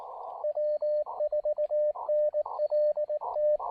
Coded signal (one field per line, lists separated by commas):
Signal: Morse code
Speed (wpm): 18 wpm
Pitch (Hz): 590 Hz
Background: radio noise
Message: W4NLT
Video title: Taking the KM4ACK 40 meter EFHW on its maiden QRP field activation!